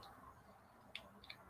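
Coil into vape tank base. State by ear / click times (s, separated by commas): seated / 1.0 s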